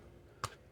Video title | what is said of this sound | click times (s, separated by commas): Masters of the Universe Origins Turtles of Grayskull Mini Deluxe Figure of Mer-Man Unboxing& Review | So it should just pop right off, I hope. | 0.4 s